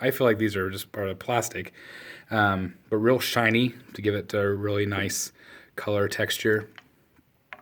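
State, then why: Seated. A shiny plastic chest piece of a collectible statue is pressed onto the statue's chest while someone talks. Magnets pull it home with a sharp snap at 7.5 s, and the piece is seated in place.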